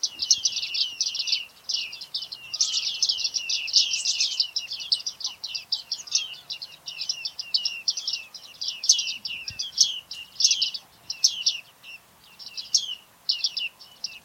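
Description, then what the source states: Bearded reedling calls, a dense run of high, metallic chirps and pings overlapping almost continuously, thinning into separate bursts in the second half. Calls recorded in 2019.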